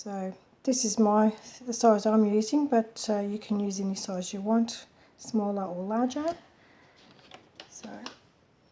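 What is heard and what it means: Someone talks while handling the plastic lid of a paint palette storage box, with a couple of brief faint taps near 7.3 and 7.6 seconds after the talking stops. The lid has not clicked shut or locked in place yet.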